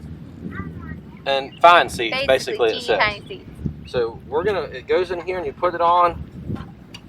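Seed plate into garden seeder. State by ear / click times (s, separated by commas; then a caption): seated / 7.0 s. A seed plate (disk) is fitted into a push garden seeder and pressed on while someone talks. A short, sharp hit at 6.9 s marks the plate locking into place, heard over low rumbling background noise.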